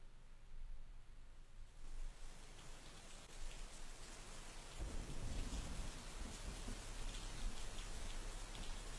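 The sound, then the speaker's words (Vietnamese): Heavy winter rain pours down steadily at night, a dense hiss of drops with a low rumble underneath that swells louder about halfway through, like thunder rolling in. No voices. “Đêm hôm đó, lại là thêm một cơn mưa giữa mùa đông rả rích.”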